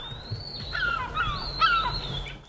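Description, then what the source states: White-tailed Eagle: thin, descending calls in a few short bursts over a steady high whine. Pair of chicks fed by a 9-year-old female days after hatching, Garnish Island, Glengarriff, West Cork, April; first chicks hatched in County Cork since reintroduction 13 years earlier.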